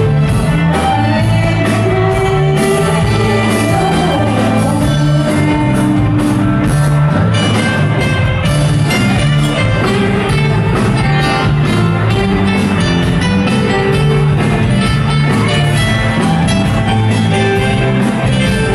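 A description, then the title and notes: A wedding party in Danang, Vietnam, filled with loud, steady music throughout. A strong low beat pulses at a regular pace under bright, dense layers of melody, with no breaks. Faint voices may blend into the constant wall of sound. Wedding Party Danang Vietnam.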